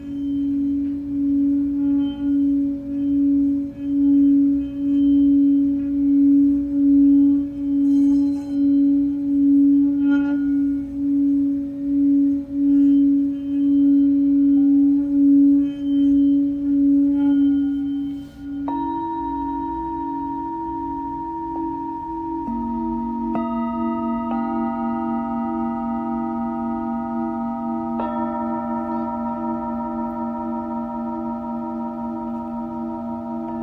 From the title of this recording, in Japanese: Singing Bowl のサウンドヒーリング